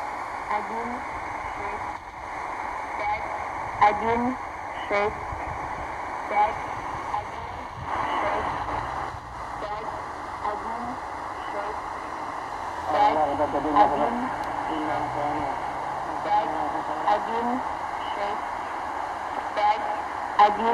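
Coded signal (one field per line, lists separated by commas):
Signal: numbers station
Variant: S06s Russian Lady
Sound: faint spoken words in short bursts through noisy shortwave AM hiss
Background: radio static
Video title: S06s "Russian Lady" numbers station received near Sofia, Bulgaria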